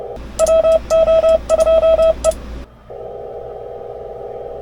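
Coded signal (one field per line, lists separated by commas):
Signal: Morse code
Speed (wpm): 30 wpm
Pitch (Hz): 650 Hz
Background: none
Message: WO2E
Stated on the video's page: Amateur radio CW special event station from North Macedonia, heard as DX.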